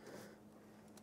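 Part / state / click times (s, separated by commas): rod retainer cap on door handle linkage / seated / 1.0 s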